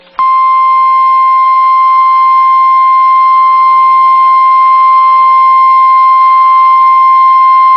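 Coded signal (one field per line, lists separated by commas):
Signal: Emergency Alert System (SAME) tones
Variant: 1050 Hz attention tone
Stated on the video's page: Severe thunderstorm warning heard on NOAA weather radio station KEC60 Milwaukee, Wisconsin.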